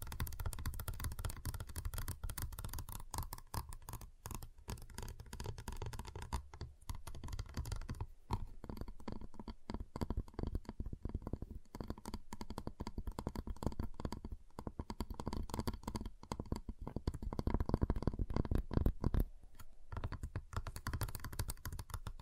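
Tapping and snapping on a giant chocolate bar, a dense run of short dry clicks and knocks that rarely pauses. The hits land fast and unevenly, mostly low and dull with some brighter crisp edges, and grow louder and sharper around seventeen to nineteen seconds.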